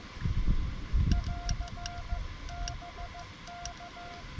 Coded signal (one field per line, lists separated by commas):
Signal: Morse code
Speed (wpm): 15 wpm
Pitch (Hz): 700 Hz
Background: none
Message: <AR>BK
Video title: Epic Cold Water Springs Adventure In A Jeep With Ham Radio